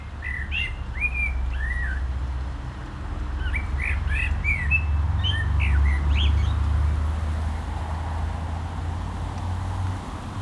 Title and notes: Agaete, Las Palmas, Espagne - Blackbird singing in the barranco. Un merle chante dans le barranco, voitures sur la route pas loin